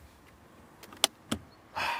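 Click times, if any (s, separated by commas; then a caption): 1.0 s. An umbrella is pushed back into its holder in the door of a 2024 Rolls-Royce Spectre for a second time. Faint taps at about 0.8 and 0.9 s lead to a sharp click at 1.0 s, with a softer click following at 1.3 s and a broad hissing noise from about 1.8 s to the end. The umbrella clicks and seats in its door compartment.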